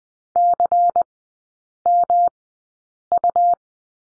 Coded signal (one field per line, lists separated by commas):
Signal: Morse code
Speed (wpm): 20 wpm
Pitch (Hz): 700 Hz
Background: none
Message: CMU